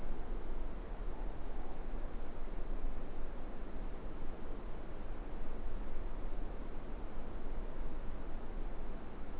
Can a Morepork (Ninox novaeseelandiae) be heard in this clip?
yes